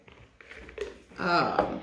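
A plastic lid is pressed back onto a tempera paint cup during clean-up, with soft taps and handling noises before it snaps shut at 0.8 s. The lid is seated, and someone talks briefly afterward.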